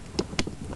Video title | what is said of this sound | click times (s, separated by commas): Gundam Toy Review Contest Entry 1- Blazing Gundam | and it easily snaps back into place. | 0.4 s